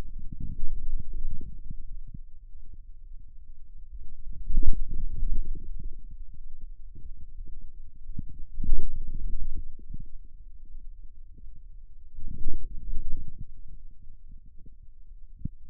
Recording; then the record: forearm muscle sounds (acoustic myography)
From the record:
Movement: outward rotation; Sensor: system 2, bracelet of six BSWA MPA416 microphones around the upper forearm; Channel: 5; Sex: male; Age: 22 years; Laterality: right